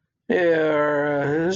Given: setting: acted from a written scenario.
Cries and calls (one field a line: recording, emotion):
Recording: vocal sound without words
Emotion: sympathy